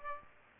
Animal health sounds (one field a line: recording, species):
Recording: mosquito wingbeat signal from an infrared sensor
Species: Aedes aegypti